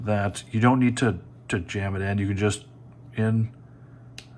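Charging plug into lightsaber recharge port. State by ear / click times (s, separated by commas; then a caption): seated / 4.2 s. A 3.1 mm charging plug is gently pushed, without jamming, into the recharge port of a lightsaber hilt while someone talks. A short, sharp click at 4.2 s marks the plug seating fully into the port.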